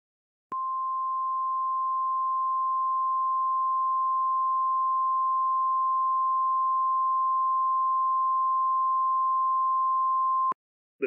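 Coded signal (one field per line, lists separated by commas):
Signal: Emergency Alert System (SAME) tones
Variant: 1050 Hz attention tone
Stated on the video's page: Recreated alert with valid SAME tones made with Heatcats' EAS Encoder v2.4, based on a real wildfire Immediate Evacuation on weather radio KEC-76, 162.550 MHz.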